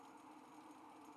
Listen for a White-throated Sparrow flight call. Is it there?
no